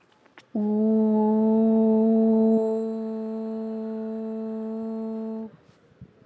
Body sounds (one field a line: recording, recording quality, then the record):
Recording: sustained vowel as in boot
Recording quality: excellent, no background noise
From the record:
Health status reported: healthy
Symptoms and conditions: none ticked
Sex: female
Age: 26 years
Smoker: not ticked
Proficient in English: yes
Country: India